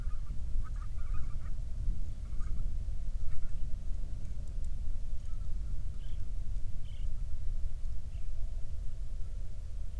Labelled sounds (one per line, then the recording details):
songbird
waterfowl
wind
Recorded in the Prudhoe Bay oil fields, Alaska, on 31 July 2019 at 08:05
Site 24